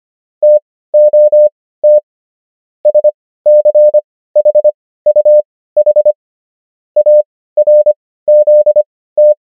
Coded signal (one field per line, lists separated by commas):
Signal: Morse code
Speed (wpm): 25 wpm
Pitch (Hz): 600 Hz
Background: none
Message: TOT SCHUH ARZT